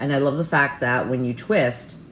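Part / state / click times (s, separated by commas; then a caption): twist-lock lid on a loose powder jar / not seated / none. A plastic twist-lock lid on a House Labs loose powder jar is being handled while someone talks throughout. Nothing has seated or clicked yet, so the snap meant to show the lid is tightly sealed has not been heard.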